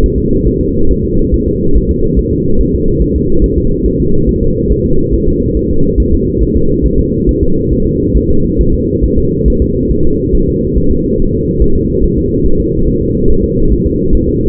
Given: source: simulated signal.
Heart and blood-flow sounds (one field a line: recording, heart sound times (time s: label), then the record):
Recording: fetal heart sounds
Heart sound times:
0.04 s: S1
0.18 s: S2
0.47 s: S1
0.61 s: S2
0.91 s: S1
1.05 s: S2
1.34 s: S1
1.48 s: S2
1.76 s: S1
1.91 s: S2
2.19 s: S1
2.33 s: S2
2.60 s: S1
2.75 s: S2
3.02 s: S1
3.16 s: S2
3.44 s: S1
3.58 s: S2
3.86 s: S1
4.00 s: S2
4.29 s: S1
4.43 s: S2
4.72 s: S1
4.86 s: S2
5.14 s: S1
5.28 s: S2
5.57 s: S1
5.71 s: S2
6.00 s: S1
6.14 s: S2
6.42 s: S1
6.57 s: S2
6.86 s: S1
7.00 s: S2
7.29 s: S1
7.43 s: S2
7.73 s: S1
7.87 s: S2
8.17 s: S1
8.31 s: S2
8.61 s: S1
8.75 s: S2
9.04 s: S1
9.18 s: S2
9.48 s: S1
9.62 s: S2
9.91 s: S1
10.05 s: S2
10.35 s: S1
10.49 s: S2
10.77 s: S1
10.91 s: S2
11.20 s: S1
11.34 s: S2
11.62 s: S1
11.76 s: S2
12.04 s: S1
12.18 s: S2
12.46 s: S1
12.60 s: S2
12.88 s: S1
13.02 s: S2
13.30 s: S1
13.44 s: S2
13.72 s: S1
13.87 s: S2
14.15 s: S1
14.29 s: S2
From the record:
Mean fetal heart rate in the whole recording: 140 bpm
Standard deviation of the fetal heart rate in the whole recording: 2 bpm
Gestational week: 34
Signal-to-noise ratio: -17.7 dB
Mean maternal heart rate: 72 bpm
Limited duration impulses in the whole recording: present